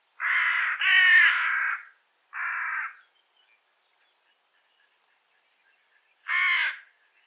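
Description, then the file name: Carrion crow giving a long drawn-out hoarse caw, a shorter caw, then silence before one final harsh caw. "Corvus corone"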